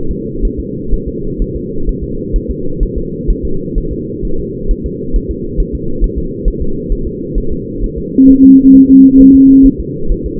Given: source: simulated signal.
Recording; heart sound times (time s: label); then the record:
fetal heart sounds
0.11 s: S2
0.45 s: S1
0.59 s: S2
0.94 s: S1
1.08 s: S2
1.42 s: S1
1.56 s: S2
1.89 s: S1
2.04 s: S2
2.36 s: S1
2.50 s: S2
2.83 s: S1
2.97 s: S2
3.30 s: S1
3.45 s: S2
3.78 s: S1
3.92 s: S2
4.25 s: S1
4.39 s: S2
4.71 s: S1
4.86 s: S2
5.16 s: S1
5.31 s: S2
5.60 s: S1
5.75 s: S2
6.04 s: S1
6.18 s: S2
6.48 s: S1
6.62 s: S2
6.92 s: S1
7.07 s: S2
7.38 s: S1
7.52 s: S2
7.84 s: S1
7.98 s: S2
8.30 s: S1
8.44 s: S2
8.75 s: S1
8.90 s: S2
9.21 s: S1
9.35 s: S2
9.66 s: S1
9.80 s: S2
10.12 s: S1
10.26 s: S2
From the record:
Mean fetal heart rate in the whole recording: 130 bpm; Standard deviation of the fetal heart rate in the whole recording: 4 bpm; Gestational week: 38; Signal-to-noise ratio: -8.1 dB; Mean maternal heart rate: 72 bpm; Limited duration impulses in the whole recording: present